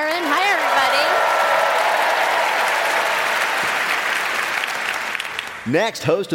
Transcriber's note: applause